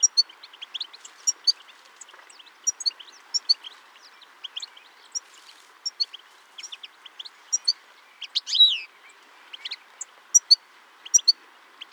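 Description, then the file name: European goldfinch calls, quick high tinkling chirps scattered throughout, with one louder buzzy note late. "Carduelis carduelis"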